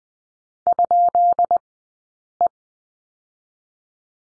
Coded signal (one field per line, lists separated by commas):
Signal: Morse code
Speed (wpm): 20 wpm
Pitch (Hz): 700 Hz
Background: none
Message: ?E